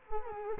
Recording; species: mosquito wingbeat signal from an infrared sensor; Culex quinquefasciatus